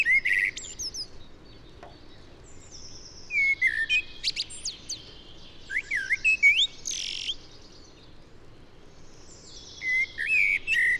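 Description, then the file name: Common blackbird singing in separate bursts: rich whistled notes sliding up and down, each phrase ending in high scratchy twitters, with several quiet gaps between phrases. "Turdus merula"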